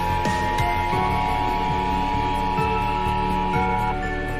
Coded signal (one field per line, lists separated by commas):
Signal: Emergency Alert System (SAME) tones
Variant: 853 and 960 Hz attention tone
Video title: [OLD] EAS - 22/03/1977